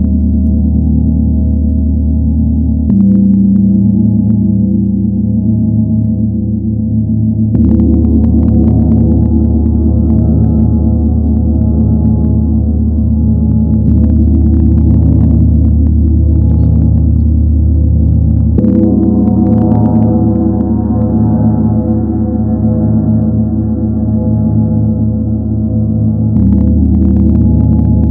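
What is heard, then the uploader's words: The Chiron gong rings in a dense, sustained wash of deep, layered tones that never falls silent. Fresh strikes land around 3, 7.5, 18.5 and 26 seconds, each adding a shimmering upper ring before settling back into the low, slowly pulsing drone. The sounds of the Chiron Gong.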